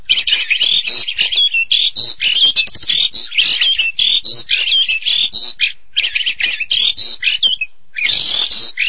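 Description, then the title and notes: Starling song: rapid sequence of scratchy chatters and thin whistled notes, briefly pausing near the end before resuming. "suara burung jalak"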